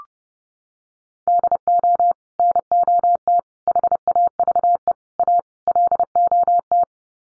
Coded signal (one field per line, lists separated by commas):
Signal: Morse code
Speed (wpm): 30 wpm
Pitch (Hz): 700 Hz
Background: none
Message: DO NOT HAVE A LOT